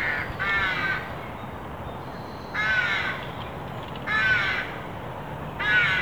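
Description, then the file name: Carrion crow giving four hoarse, grating caws, with soft background noise. "Corvus corone"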